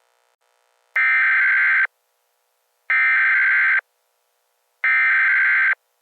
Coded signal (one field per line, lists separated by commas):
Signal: Emergency Alert System (SAME) tones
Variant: header bursts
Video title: EAS Mini Scenario - Keppler